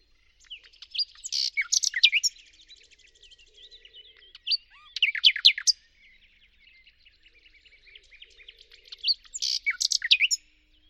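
Bird song in three loud bursts of sharp descending chirps, with softer continuous twittering and trills filling the gaps.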